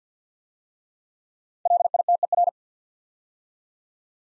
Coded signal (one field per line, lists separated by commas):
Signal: Morse code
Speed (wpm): 48 wpm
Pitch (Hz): 700 Hz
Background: none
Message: LITER